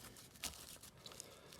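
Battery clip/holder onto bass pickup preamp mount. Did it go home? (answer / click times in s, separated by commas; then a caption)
yes / 1.2 s. After the wire is tucked in, a 9V battery in its clip with a Velcro base is pressed onto the bass pickup mount of a Blast Cult Channel Blaster II double bass pickup system. Soft crinkling and rustling, with a louder burst of rustle near 0.4 s and small ticks around 1.1 s, lead to a sharp snap at 1.2 s. The battery holder snaps into place and is secured.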